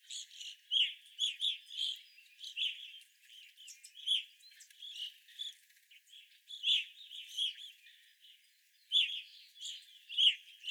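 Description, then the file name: Evening grosbeaks calling continuously, overlapping clear piercing chirps repeated in quick clusters from several birds. Several evening grosbeaks recorded on 25 April 2021. "2021-04-25 Evening Grosbeaks"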